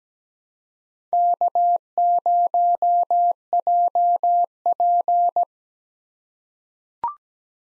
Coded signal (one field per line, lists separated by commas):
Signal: Morse code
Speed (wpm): 17 wpm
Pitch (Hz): 700 Hz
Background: none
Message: K0JP